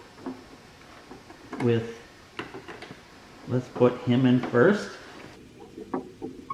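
An electrical connector is handled at a new tractor dash of a Landini, with someone talking over faint scrapes and a few short, sharp taps. Nothing has seated or clicked yet by the end of the clip.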